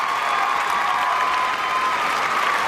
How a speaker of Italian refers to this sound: Complimenti, è per lei questo applauso.